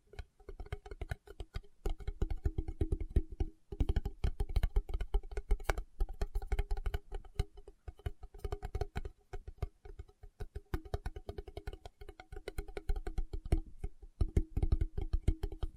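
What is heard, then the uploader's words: Fingertips tap rapidly and unevenly in dense bursts with brief pauses, giving soft low thuds with a steady hollow ring underneath. ASMR Tapping with Fingertips (No Talking).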